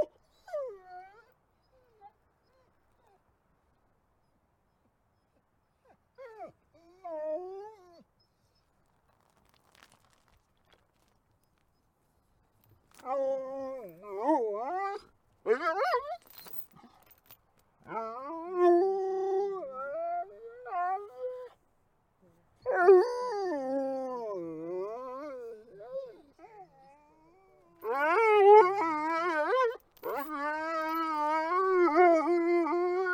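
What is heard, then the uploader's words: Wolves and dogs howl in bursts, starting with a few faint, short wails around the first eight seconds, then building into louder, longer howls with wavering, sliding pitch from about 13 seconds on. The calls overlap and layer toward the end, with silent gaps between bouts. Wolves vs. Dogs: Howling Showdown.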